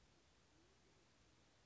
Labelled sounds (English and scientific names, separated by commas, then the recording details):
Band-tailed Pigeon (Patagioenas fasciata)
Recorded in Sonoma County, California